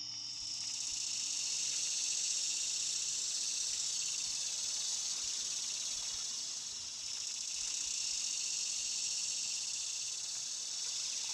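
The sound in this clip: Cicada chorus, a loud, hissing wall of high buzzing that runs without a break, dipping briefly midway before swelling again.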